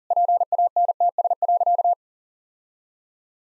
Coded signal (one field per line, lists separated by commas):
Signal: Morse code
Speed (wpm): 40 wpm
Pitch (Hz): 700 Hz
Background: none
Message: PANTS.